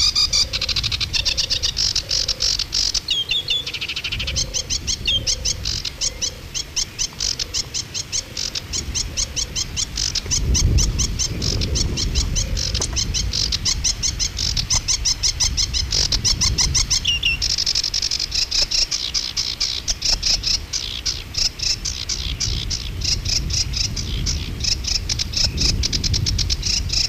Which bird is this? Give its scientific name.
Acrocephalus schoenobaenus